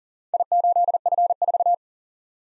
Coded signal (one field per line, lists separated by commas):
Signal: Morse code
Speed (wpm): 44 wpm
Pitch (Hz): 700 Hz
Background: none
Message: I8F4